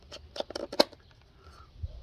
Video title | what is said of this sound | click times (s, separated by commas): To Blink or not to Blink THAT is today's home security question. | and that's clicked in now | 0.8 s